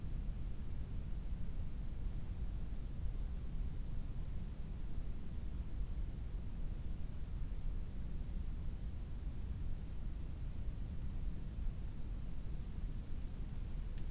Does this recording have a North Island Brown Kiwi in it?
no